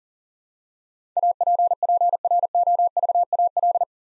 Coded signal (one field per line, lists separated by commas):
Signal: Morse code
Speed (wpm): 40 wpm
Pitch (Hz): 700 Hz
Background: none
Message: APPROVAL